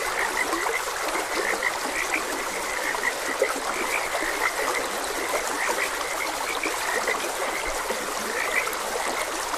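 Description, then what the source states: Frogs croaking in a dense chorus, short calls repeating constantly over a steady hiss of flowing water. Frogs croaking beside a gentle stream.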